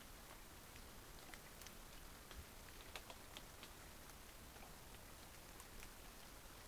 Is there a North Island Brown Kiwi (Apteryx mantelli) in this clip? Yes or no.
no